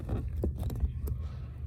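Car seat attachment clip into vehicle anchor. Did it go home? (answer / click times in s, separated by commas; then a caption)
no / none. A car seat attachment clip is handled near the vehicle anchor in a truck, giving a few short, light taps and rattles around 0.4, 0.7 and 1.1 seconds over a low, steady rumble. Nothing has seated or clicked yet; the clip is not yet home.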